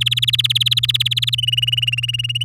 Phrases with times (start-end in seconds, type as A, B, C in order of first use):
0.01-1.35 A, 1.38-2.44 B